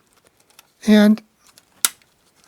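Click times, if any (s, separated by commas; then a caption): 1.8 s. The plastic body shell of an HO scale model locomotive is slid down over its chassis, with faint light ticks and scrapes along the way while someone talks briefly. A single sharp click sounds at 1.9 s as the shell locks onto the pins inside the chassis, seating it securely.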